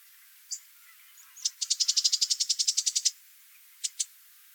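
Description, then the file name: Bird calls: a fast run of about fifteen sharp, high ticking notes lasting over a second, with single ticks before and a pair of ticks after. "XC call"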